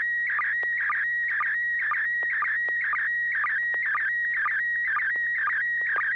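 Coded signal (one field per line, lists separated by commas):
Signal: SSTV (slow-scan television)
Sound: warbling tone mostly steady near 1.9 kHz, twittering bursts about twice a second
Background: FM radio hiss, low hum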